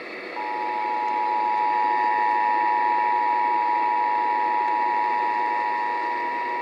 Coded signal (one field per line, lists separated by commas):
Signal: Emergency Alert System (SAME) tones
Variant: 853 and 960 Hz attention tone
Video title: Valentine's Day 2017 EAS Compilation (EAS #120-122 - 2 RMTs)